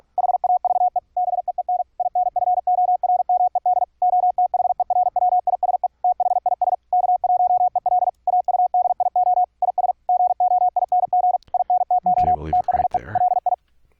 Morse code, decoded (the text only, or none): HAVE BEEN INFORMED OTHERWISE THIS K1EL AUDIO IS GOING INTO THE LI